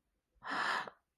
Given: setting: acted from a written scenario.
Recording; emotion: vocal sound without words; amusement